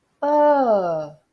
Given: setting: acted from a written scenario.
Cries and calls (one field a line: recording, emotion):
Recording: vocal sound without words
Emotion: realization